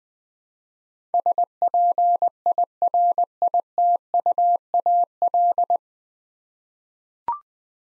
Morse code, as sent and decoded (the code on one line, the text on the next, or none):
... .--. .. .-. .. - ..- .- .-..
SPIRITUAL